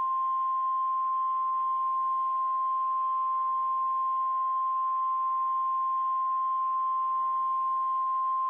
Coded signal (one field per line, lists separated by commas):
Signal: Emergency Alert System (SAME) tones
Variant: 1050 Hz attention tone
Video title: Eas mock #1: Los Angeles nuclear attack